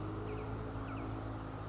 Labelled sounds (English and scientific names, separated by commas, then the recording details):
California Towhee (Melozone crissalis)
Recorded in Sonoma County, California